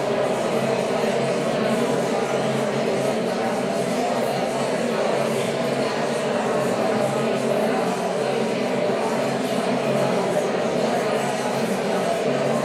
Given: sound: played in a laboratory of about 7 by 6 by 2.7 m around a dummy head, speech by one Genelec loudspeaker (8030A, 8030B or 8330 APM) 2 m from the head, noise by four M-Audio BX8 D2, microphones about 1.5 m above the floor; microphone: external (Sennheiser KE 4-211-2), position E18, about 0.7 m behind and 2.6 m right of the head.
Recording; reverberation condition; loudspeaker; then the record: babble noise; high; four, about 170 cm from the corners of the room and facing them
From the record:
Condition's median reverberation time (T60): about 1300 ms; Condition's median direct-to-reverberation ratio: about -4.0 dB